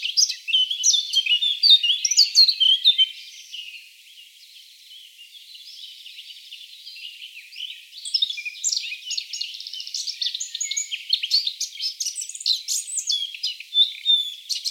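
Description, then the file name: Eurasian blackcap with a rapid jumble of high chirps and warbled notes, going quieter for a while before resuming in busy, uneven phrases. "Sylvia atricapilla"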